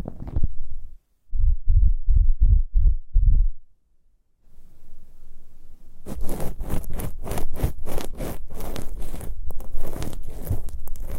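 Ear picking with props, starting with a run of low, thumping rubs about every half second, then a brief silence. A soft rustle builds, and from six seconds on brighter, crackly scratching strokes repeat rapidly and densely to the end.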